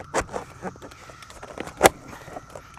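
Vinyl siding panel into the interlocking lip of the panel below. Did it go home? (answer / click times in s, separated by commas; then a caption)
yes / 1.9 s. A vinyl siding panel is pulled down and pushed up along its length so it locks into the interlocking lip of the panel below. Several faint scrapes and taps lead up to a sharp snap at 1.9 s as the panel seats into place. Someone talks.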